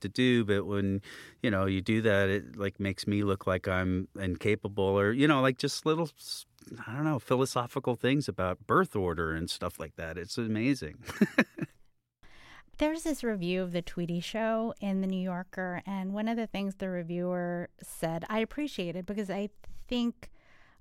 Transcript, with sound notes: but when, you know, you do that, like, makes me look like I'm incapable or, you know, like just little - I don't know - philosophical things about birth order and stuff like that. It's amazing (laughter).
There's this review of The Tweedy Show in The New Yorker. And one of the things the reviewer said I appreciated because I think,